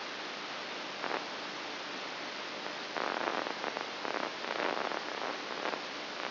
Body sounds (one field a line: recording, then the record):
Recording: brain microelectrode recording played as sound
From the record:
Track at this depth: outside the subthalamic nucleus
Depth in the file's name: 6.501 mm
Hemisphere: right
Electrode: 2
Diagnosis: Parkinson's disease